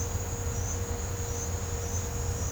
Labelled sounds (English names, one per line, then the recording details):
none
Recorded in pastures near Puerto Asís, Putumayo, Colombia, on 21 December 2024 at 10:00
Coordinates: 0.502, -76.324
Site G077